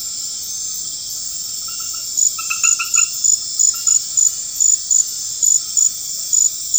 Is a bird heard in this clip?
no